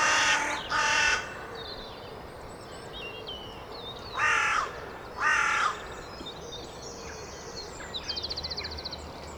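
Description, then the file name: Carrion crow giving harsh, hoarse caws, two in quick succession, a pause, then two more; faint small-bird chirps and a brief rattling trill in the background. "Corvus corone"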